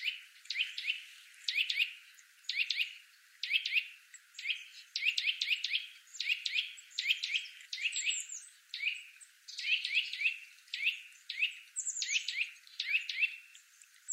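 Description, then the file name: Eurasian nuthatch calling almost without pause: tight clusters of piping notes follow one another through the whole stretch, only brief gaps between groups. "Sitta europaea"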